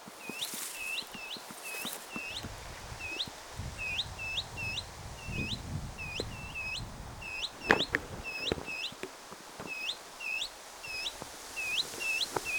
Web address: paivat 25 7 2026 tassa molemmat pajulintuemot naaraalla on vienompi aani